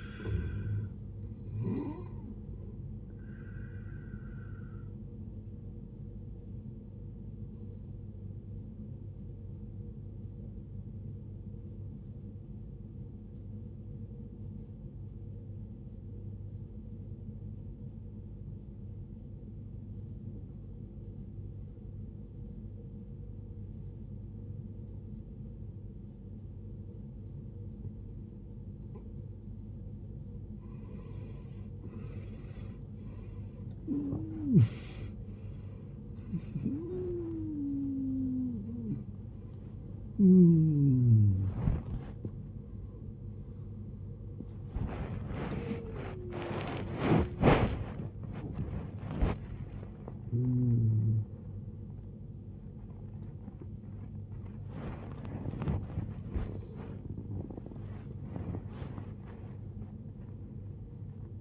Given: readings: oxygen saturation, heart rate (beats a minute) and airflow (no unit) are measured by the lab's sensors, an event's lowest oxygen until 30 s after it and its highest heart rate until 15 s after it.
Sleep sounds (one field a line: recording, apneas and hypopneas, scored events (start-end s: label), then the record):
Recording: a person awake in a sleep study, by a smartphone at the bedside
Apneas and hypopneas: 1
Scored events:
8.00-32.60 s: obstructive apnea (N2, oxygen 93% highest, then 79% lowest, heart rate 56 at the start, 88 highest)
28.00-61.41 s: new sleep stage, awake
31.00-61.41 s: awake
From the record:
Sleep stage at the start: N2 (light sleep)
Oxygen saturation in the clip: 77 to 93%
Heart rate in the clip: 56 to 105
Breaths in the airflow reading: 10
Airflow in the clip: -20.0 to 20.1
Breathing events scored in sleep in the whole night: 389 in 6.3 hours asleep